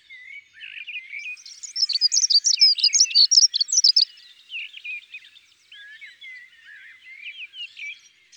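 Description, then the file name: Dunnock song: a quick, high, jangling warble of squeaky notes, loudest in the middle, then softer scratchy phrases near the end. "Accenteur mouchet ABC des chants doiseaux"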